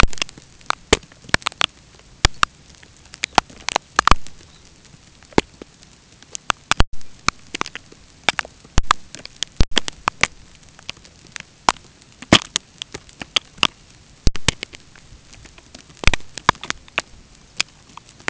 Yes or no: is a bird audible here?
yes